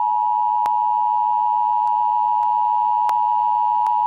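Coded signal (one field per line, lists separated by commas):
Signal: Emergency Alert System (SAME) tones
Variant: 853 and 960 Hz attention tone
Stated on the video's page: Fictional EAS scenario about a zombie virus outbreak from a lab in British Columbia.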